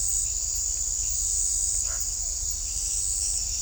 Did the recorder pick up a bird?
no